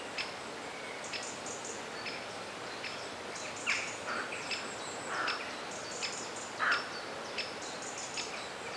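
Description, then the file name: Birds chirping with scattered sharp high notes and a few louder mid-pitched calls, over continuous hiss. Birdsong in a forest. "Forest Birdsong - Soothing Birds"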